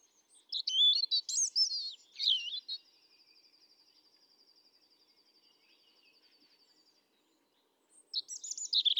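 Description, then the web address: European robin song: sparkling, sliding high notes, then a long, faint, even trill for about four seconds, and a fresh bright phrase at the end. Recorded 31 July 2017. "SETE data Erithacus rubecula"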